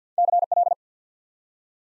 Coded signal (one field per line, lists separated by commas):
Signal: Morse code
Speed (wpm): 49 wpm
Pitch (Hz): 700 Hz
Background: none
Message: CL